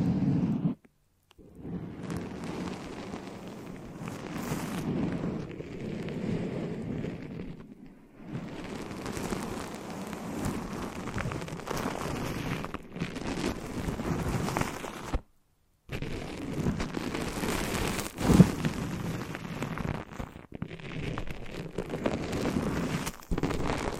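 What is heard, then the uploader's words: A foamy, sticky massage: dense crackling and squishing sounds rub on almost without pause, mostly low and full with brighter fizzing above. The texture swells and fades unevenly, broken by brief silences near 1, 8 and 15 seconds and a sharp pop around 18 seconds. ASMR The Foamiest and Stickiest Brain Massage (No Talking).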